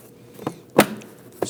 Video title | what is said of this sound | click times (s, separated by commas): How to Replace Serpentine Drive Belt Component Kit 2009-2017 XC60 3.2L L6 | Snap it on. You're going to hear it click and lock into place. | 0.8 s, 1.4 s